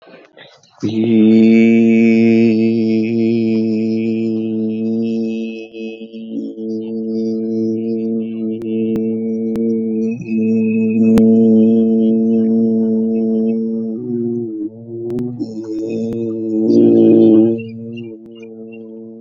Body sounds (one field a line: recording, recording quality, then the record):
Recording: sustained vowel as in beet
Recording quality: excellent, no background noise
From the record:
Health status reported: exposed to COVID-19, no respiratory illness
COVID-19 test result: negative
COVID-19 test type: RT-PCR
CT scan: not taken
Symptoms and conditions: cold, loss of smell and taste, hypertension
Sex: male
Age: 39 years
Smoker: no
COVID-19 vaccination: both doses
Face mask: not worn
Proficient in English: yes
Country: India